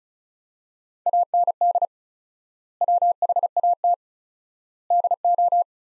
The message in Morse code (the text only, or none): AND WHAT DO